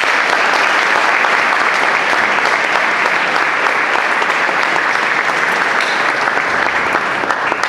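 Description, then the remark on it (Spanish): Loud, sustained applause from an audience at a training conference in Paraná in 2015, welcoming a guest speaker: a dense steady clatter of many hands clapping at once, holding at full strength for the whole stretch with no voices standing out. “a quien agradecemos, ya lo digo a él, como fuerte aplauso, estar entre nosotros.”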